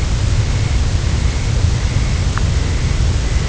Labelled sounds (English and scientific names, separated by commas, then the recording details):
Dunlin (Calidris alpina)
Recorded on Arctic tundra, site UTQI-0, on 11 June 2019
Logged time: 08:00